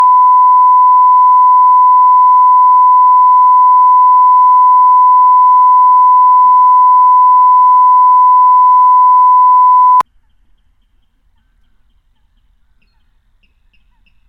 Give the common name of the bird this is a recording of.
Water Rail